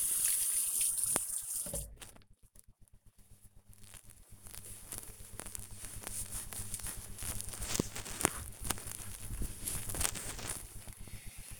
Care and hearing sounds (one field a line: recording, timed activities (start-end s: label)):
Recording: household activities, microphone on the right wrist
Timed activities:
0.00-1.42 s: washing hands